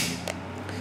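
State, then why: Seated. A loaded magazine is pushed up into the mag well of a semi-automatic pistol and clicks at 0.3 s, a short sharp snap over a steady low hum and faint background noise. The click shows it is locked in and will not come out until the magazine release is pressed.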